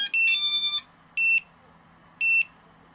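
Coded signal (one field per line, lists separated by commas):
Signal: beep code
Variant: lost model buzzer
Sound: three shrill buzzer beeps about a second apart, the first longer and chordal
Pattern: 3 beeps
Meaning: Battery voltage is above 4 volts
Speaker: put the battery in there's your three beeps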